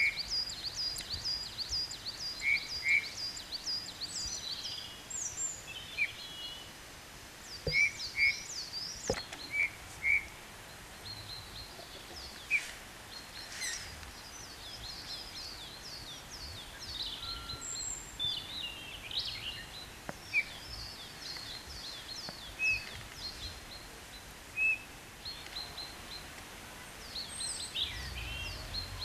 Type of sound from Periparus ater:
song